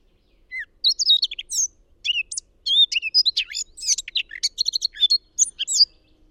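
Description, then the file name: Eurasian blackcap song, a rapid jumble of varied chirps and warbled notes high in pitch, sung in a dense burst of about five seconds with no other sounds. "Sylvia atricapilla"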